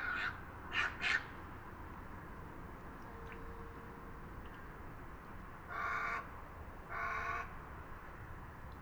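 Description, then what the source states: Little egret giving harsh, grating croaks: three short rasps at the start, then two longer hoarse calls after a quiet gap, over steady low background rumble. Calls given at a roost.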